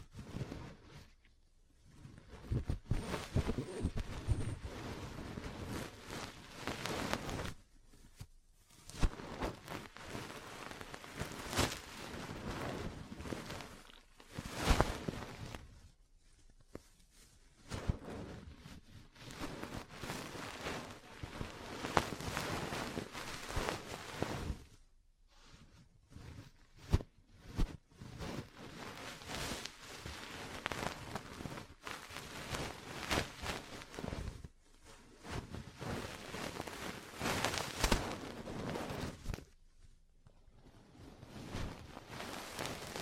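Ear cleaning and massage sounds: dense, crackling rustles and rubbing that run in bursts of several seconds, broken by brief pauses every few seconds. Sharper taps and pops stand out now and then, especially around 26 and 38 seconds.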